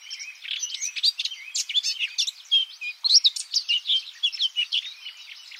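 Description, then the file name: Eurasian blackcap producing a quick jumble of twittering chirps and clear whistled slurs, delivered in steady rapid bursts. "Sylvia atricapilla"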